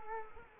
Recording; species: mosquito wingbeat signal from an infrared sensor; Culex quinquefasciatus